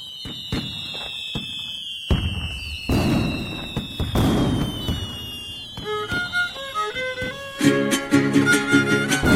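Firework rockets burst in a rapid series of loud bangs and crackling pops, with high whistling tones gliding and stepping in pitch over the explosions, growing busier toward the end.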